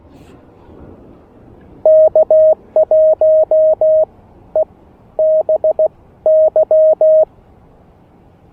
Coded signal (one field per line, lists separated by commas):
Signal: Morse code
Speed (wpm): 17 wpm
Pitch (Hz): 590 Hz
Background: none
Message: K1EBY